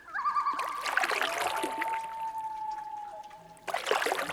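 Loon giving a short quavering tremolo, then one long level wail. Rushing, splashing water noise covers much of the sound.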